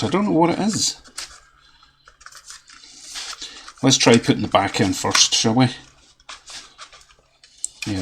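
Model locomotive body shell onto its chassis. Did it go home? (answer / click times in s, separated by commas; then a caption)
yes / 7.6 s. Someone talks while pushing the back end of a model railway locomotive's plastic body shell down onto its chassis, with light plastic handling taps and scrapes between the speech. A sharp click at 7.6 seconds marks the shell seating onto the chassis.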